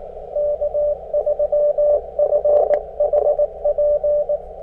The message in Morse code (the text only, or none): K3FHP